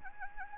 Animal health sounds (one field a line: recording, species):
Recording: mosquito wingbeat signal from an infrared sensor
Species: Anopheles gambiae